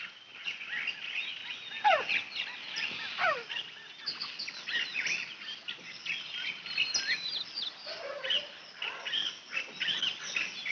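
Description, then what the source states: Birds chirping and calling, many overlapping sharp tweets and short descending whistles, a busy chorus of several birds throughout. Recorded in a zoo.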